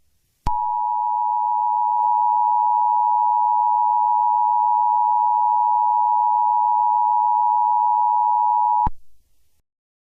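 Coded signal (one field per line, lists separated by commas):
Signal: Emergency Alert System (SAME) tones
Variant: 853 and 960 Hz attention tone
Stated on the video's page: Fictional EAS scenario.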